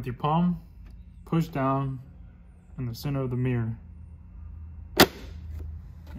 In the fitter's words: And you should hear a click.